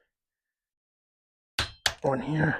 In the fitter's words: wait for the click. One here.